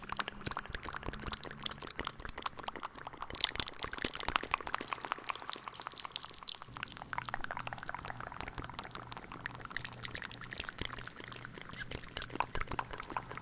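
Wet mouth sounds crackle and click densely throughout, a constant stream of small sticky pops with no pause. Around the middle the texture shifts slightly, and a faint low hum sits steadily underneath the whole time.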